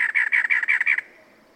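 Cactus wren song: a string of several raspy, chattering notes delivered evenly, then stopping abruptly into quiet.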